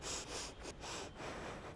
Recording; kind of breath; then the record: one breath in and out by a microphone near the nose and mouth; strong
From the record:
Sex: female